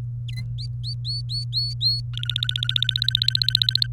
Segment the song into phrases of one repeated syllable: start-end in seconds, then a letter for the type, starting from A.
0.58-2.01 A, 2.13-3.87 B